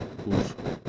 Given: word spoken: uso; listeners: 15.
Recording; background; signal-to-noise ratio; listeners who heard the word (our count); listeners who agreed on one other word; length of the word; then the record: one Spanish word in noise, from a listening test; noise modulated by three-talker babble; -4.7 dB; 0 of 15; 12 of 15; 0.50 s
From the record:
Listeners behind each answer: 12, 2, 1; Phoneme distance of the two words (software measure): 14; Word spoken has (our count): 2 syllables, 3 phonemes, stress on syllable 1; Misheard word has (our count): 2 syllables, 5 phonemes, stress on syllable 1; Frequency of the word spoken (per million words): 178.52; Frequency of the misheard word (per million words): 5.93